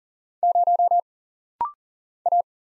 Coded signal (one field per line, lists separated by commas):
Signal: Morse code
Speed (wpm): 40 wpm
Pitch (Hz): 700 Hz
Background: none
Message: 0 A